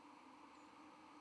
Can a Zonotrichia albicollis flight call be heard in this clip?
yes